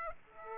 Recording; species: mosquito wingbeat signal from an infrared sensor; Aedes aegypti